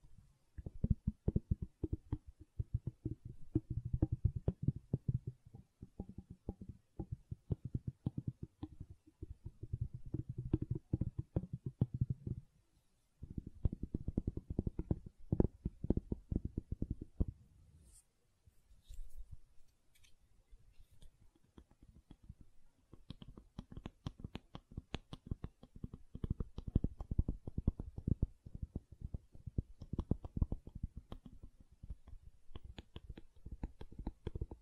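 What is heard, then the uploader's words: Gentle silicone sounds made of soft, squishy taps and rubbery presses in dense, rapid clusters, mostly low and muffled. Busy bursts run through the first twelve seconds and resume after a brief pause. A sparser stretch with a few light, brighter clicks comes around eighteen to twenty-two seconds before the steady tapping returns. ASMR Gentle Silicon Sounds for Sleep (No Talking).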